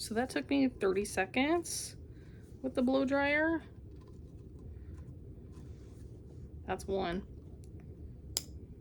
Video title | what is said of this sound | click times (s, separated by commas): American Girl Doll Restringing! | that's why the hemat is nice because a hemat um if you haven't seen one before clicks into place | 8.4 s